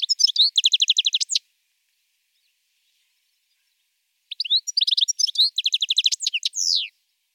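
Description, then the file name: European goldfinch song with quick chirps and a rapid rattling trill, heard twice, the second phrase ending in a longer slurred note. "chardonneret"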